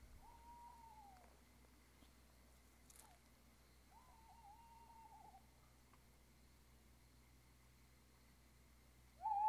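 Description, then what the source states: Owl hooting: two drawn-out whistled tones, each about a second long and slightly falling at the end, a few seconds apart, with a faint click between them, then a louder third tone starting at the end. Owls (chouettes) recorded at Ker Anna.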